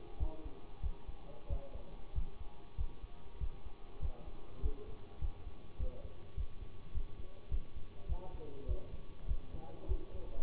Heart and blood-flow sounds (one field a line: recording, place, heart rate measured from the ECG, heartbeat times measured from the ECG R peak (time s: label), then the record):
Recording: heart sounds by stethoscope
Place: between the tricuspid and mitral areas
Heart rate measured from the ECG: 99 bpm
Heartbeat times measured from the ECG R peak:
0.18 s: heartbeat
0.81 s: heartbeat
1.48 s: heartbeat
2.13 s: heartbeat
2.76 s: heartbeat
3.38 s: heartbeat
4.00 s: heartbeat
4.60 s: heartbeat
5.19 s: heartbeat
5.77 s: heartbeat
6.35 s: heartbeat
6.92 s: heartbeat
7.49 s: heartbeat
8.07 s: heartbeat
8.66 s: heartbeat
9.26 s: heartbeat
9.87 s: heartbeat
From the record:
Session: bicycle stress test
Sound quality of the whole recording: good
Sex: male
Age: 24 years